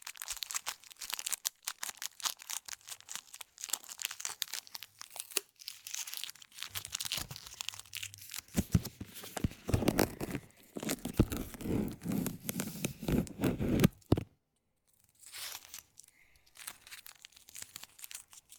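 Paper tape is pulled and torn, crackly rasping strips swelling mid-clip, a brief pause, then lighter peeling.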